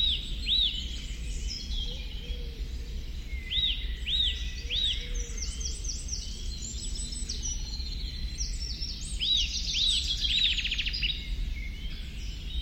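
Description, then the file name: Eurasian nuthatch calls: clear, rising-and-falling whistled notes repeated in irregular runs, with other birds chirping above and constant low background noise. "Sitta europaea"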